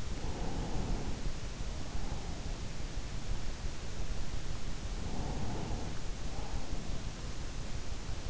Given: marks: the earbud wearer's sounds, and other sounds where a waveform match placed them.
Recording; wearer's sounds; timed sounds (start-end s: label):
sounds in sleep by an in-ear microphone; breath
0.13-1.55 s: breath
5.16-7.04 s: breath